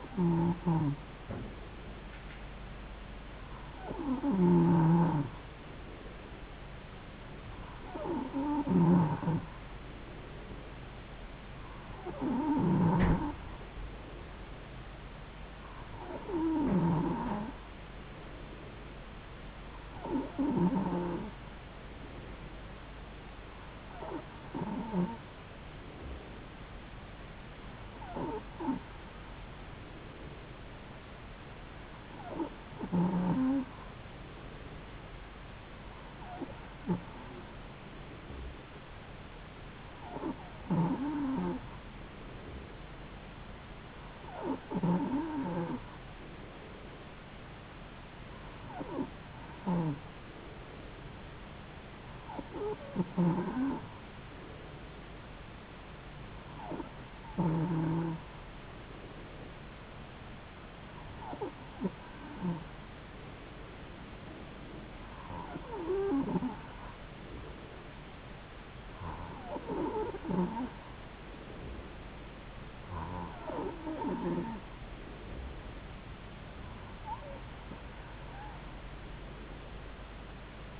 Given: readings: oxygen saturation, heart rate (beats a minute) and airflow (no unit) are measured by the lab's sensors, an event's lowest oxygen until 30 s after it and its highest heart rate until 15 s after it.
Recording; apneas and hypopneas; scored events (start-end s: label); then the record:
breathing in sleep by a voice recorder at the bedside; none
none scored
From the record:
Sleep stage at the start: N2 (light sleep); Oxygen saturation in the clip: 92 to 93%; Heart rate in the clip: 70 to 74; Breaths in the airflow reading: 20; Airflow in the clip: -3.7 to 2.6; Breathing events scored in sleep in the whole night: 270 in 6.1 hours asleep